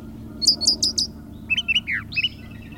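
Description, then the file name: Brown thrasher song fragment: a quick series of high repeated notes followed by lower slurred chirps and a descending whistle. "suara-kicauan-brown-trasher -omkicau"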